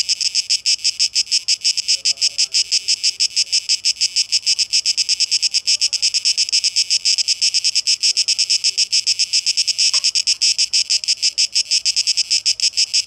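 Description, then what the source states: Cicada song: a shrill, rasping buzz throbbing in quick pulses from start to finish, steady in loudness. Cicadas recorded 12 August 2023; tape echo mix.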